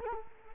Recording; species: mosquito wingbeat signal from an infrared sensor; Culex quinquefasciatus